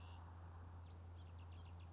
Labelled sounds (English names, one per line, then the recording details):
House Finch
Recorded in Sonoma County, California